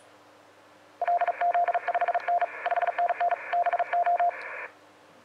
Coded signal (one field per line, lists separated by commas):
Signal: Morse code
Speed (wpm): 38 wpm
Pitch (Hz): 700 Hz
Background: radio noise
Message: LZ5N 5NN BO